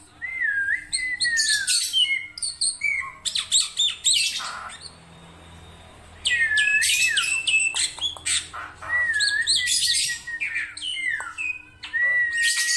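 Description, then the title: Black-winged myna song: falling whistled notes and scratchy, squawking phrases. A quiet pause near the middle, then dense, varied phrases resume. Dense, highly varied song of an actively singing bird, used as a master recording for training songbirds. "Kicauan Rapat Jalak Putih Gacor Banyak Variasi Untuk Masteran"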